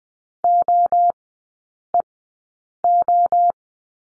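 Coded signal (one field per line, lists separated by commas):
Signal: Morse code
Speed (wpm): 20 wpm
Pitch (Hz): 700 Hz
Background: none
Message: OEO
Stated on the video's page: Morse code course lesson on the letter C in three-character groups, sent at Farnsworth speed 20/10 wpm.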